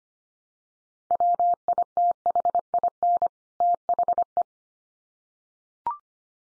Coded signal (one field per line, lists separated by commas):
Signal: Morse code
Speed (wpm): 25 wpm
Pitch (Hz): 700 Hz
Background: none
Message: WITHIN THE